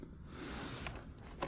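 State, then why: Seated. The automatic transmission shifter cable end on a 2012 Chevy Spark is pressed onto its mount in the shifter linkage. Over a low, steady background, sharp clicks sound at 0.9 s and 1.4 s, with a fainter tick at 1.2 s. The cable end seats and is clicked in, ready for the retainer to be locked.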